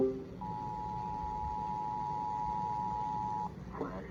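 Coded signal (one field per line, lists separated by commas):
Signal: Emergency Alert System (SAME) tones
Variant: 853 and 960 Hz attention tone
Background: speech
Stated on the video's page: Real EAS alerts received, mostly flash flood warnings plus a severe thunderstorm warning.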